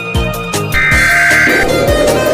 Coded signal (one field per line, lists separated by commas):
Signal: Emergency Alert System (SAME) tones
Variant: header bursts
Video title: goanimate4schools shutdown experience: the EAS scenario